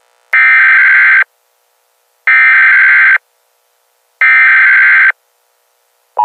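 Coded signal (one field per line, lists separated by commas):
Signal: Emergency Alert System (SAME) tones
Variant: header bursts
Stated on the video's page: Fictional EAS scenario with added music.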